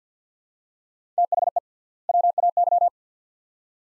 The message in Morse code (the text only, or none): THE WAY